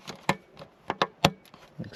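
On a 2019 Corvette, a windshield-area trim piece that had failed to line up is pressed down into the car body, where it should snap in to hold another part down. Sharp clicks and knocks sound at about 0.3, 0.9 and 1.0 seconds, then the clip snaps into place with its loudest click at 1.3 seconds, seated.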